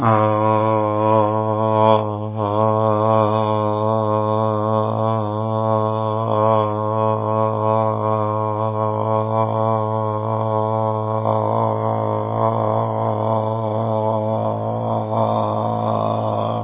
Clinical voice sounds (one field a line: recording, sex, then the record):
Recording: sustained vowel /a/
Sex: male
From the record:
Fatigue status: no fatigue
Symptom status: symptomatic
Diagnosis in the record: COVID-19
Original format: 3gp